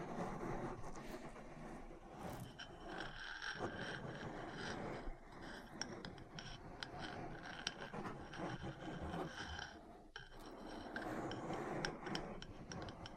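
Metal parts tap and scratch against each other in a dense, busy run of clicks and scrapes that continues throughout. Sharp ticks cluster irregularly, with brief thinner gaps near 3.5 and 10 seconds, and a steady low rumble sits underneath.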